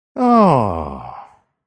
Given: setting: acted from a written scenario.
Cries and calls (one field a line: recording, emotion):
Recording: vocal sound without words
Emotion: positive surprise